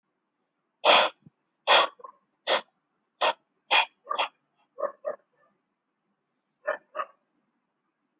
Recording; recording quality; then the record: shallow breathing; moderate, slight background noise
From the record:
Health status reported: healthy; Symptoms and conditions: none ticked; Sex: male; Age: 35 years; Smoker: not ticked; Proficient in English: yes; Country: India